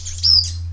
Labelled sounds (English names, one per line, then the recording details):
Stitchbird song
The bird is a male
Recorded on Tiritiri Matangi Island, New Zealand, in 2005
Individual 5, of nest box 6